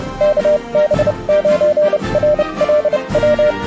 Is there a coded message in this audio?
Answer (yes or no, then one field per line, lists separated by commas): yes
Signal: Morse code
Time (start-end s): 0.2-3.5 s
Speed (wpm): 30 wpm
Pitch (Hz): 600 Hz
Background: music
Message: KB9RLW